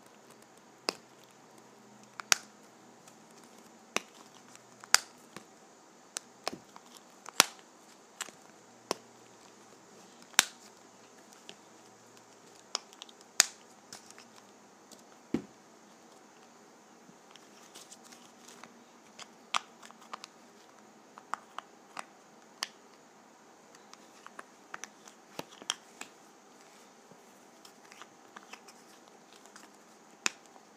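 A lip gloss container makes sharp little clicks and taps, scattered irregularly about once or twice a second across the whole recording. Some clicks are brighter and louder than others. Between them there is only a faint, steady hiss.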